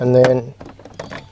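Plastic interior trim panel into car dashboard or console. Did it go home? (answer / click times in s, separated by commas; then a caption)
no / none. Someone briefly talks while a plastic interior trim panel, held by three small tabs, is angled into a car dashboard or console on a Beetle. Faint plastic handling and scraping follow, with a couple of small taps near the end. The panel has not seated and its clips have not popped into place yet.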